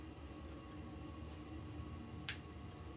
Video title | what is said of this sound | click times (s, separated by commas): Cider making with Julie & Nigel - Youngs Brew Buddy 40 pint - Part 2 of 2 | did you hear the click and that means it's sealed | 2.3 s